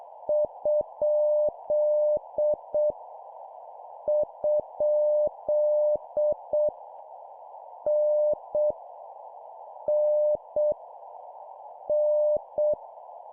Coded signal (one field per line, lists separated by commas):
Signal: Morse code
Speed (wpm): 7 wpm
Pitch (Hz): 600 Hz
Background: none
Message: ? ? N N N